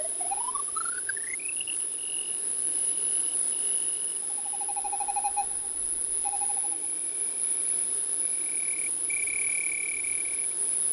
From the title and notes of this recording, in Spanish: Armosfera grillos espaciales.